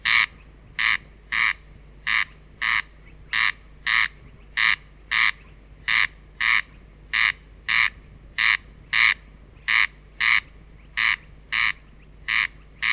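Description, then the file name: Corn crake calling, a dry rasping double crex-crex repeated steadily without pause, over a quiet low hum. "korostel"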